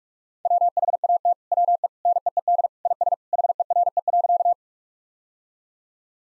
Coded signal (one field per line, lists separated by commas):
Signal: Morse code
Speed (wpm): 46 wpm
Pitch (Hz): 700 Hz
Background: none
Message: WHAT WE NEED IS HERE.